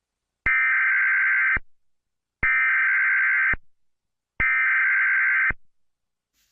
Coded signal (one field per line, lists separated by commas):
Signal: Emergency Alert System (SAME) tones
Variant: header bursts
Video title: WASHINGTON D.C. EAS ALARM 🇺🇸